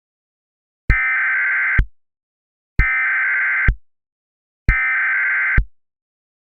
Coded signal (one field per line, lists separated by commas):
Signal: Emergency Alert System (SAME) tones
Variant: header bursts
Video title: Unknown Enemy (An EAS Scenario)